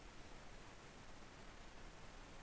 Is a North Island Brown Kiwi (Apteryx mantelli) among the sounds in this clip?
no